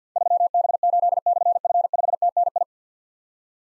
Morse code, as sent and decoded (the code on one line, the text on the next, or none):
...-- -... ---.. -..-. ..-. ..... - -. ..
3B8/F5TNI